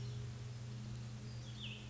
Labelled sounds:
Cassin's Vireo
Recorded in Sonoma County, California

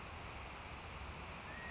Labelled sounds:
California Quail
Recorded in Sonoma County, California

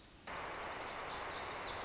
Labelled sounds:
Lazuli Bunting
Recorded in Sonoma County, California

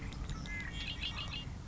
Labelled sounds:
Red-winged Blackbird
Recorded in Sonoma County, California

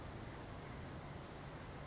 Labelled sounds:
Brown Creeper
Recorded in Sonoma County, California

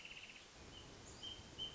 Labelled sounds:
Wrentit
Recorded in Sonoma County, California

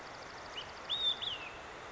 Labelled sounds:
Olive-sided Flycatcher
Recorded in Sonoma County, California

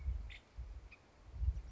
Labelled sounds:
Nuttall's Woodpecker
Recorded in Sonoma County, California

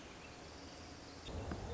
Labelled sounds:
Nuttall's Woodpecker
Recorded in Sonoma County, California

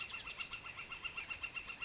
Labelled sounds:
Northern Flicker
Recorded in Sonoma County, California

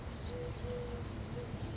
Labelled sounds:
Eurasian Collared Dove
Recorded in Sonoma County, California

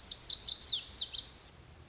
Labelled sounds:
Lazuli Bunting
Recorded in Sonoma County, California

